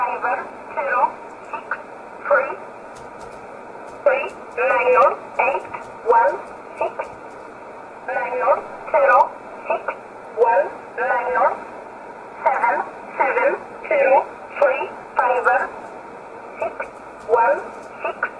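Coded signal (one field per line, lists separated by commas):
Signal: numbers station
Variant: E11 Oblique, English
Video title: 11 10 2019 E11 Oblique Numbers station in English 1008 on 7317 unknown tx site in USB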